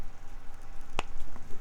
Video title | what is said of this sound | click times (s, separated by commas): Pen Resurrection Sunday Ep 43 1947 Parker 51 Demi Fountain Pen | put quell'animaletto Pusher lì e lo spingiamo nella tazza e facciamo clic | 1.0 s